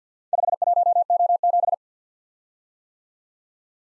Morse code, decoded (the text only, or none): 51O7